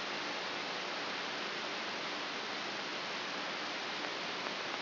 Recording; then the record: brain microelectrode recording played as sound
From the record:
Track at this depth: outside the subthalamic nucleus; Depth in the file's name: 5.419 mm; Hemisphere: left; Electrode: 3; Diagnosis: Parkinson's disease